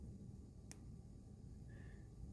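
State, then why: Seated. While re-terminating the headlamp wiring on an EVOLV Tour XL, a crimped metal terminal is pushed into hole one of the plastic connector housing with its clip facing up. A single sharp, short click is heard at 0.7 s over a low background hum. The terminal seats in the housing.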